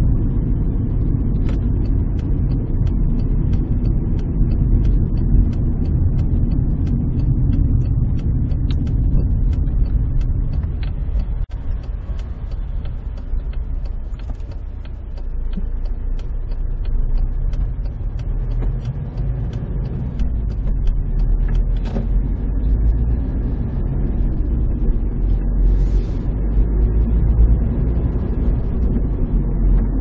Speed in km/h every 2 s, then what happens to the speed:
38, 36, 33, 25, 16, 8, 4, 6, 11, 16, 22, 32, 38, 48, 50.
0-13 slows to 4. 13-30 speeds up to 50.